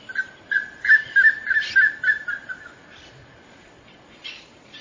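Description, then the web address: Plumbeous ibis calling in an irregular string of notes over about two and a half seconds, uneven in spacing and loudness, with a faint later note. "Plumbeous ibis. صدای-پرنده-اکراس-سربی"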